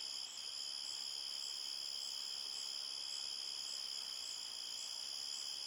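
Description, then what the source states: Crickets chirp in an unbroken, high, even chorus, rapid pulses merging into sustained tones. Several crickets at night at a forest edge, chorus described as chirpy and steady.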